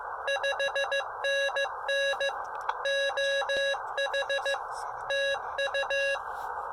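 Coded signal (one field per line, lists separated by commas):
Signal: Morse code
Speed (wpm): 16 wpm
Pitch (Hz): 560 Hz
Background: none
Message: 5NN OH TU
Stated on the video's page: Morse from a SOTA summit activation of Mount Pisgah using an Elecraft KX2 and a CHA MPAS Lite antenna.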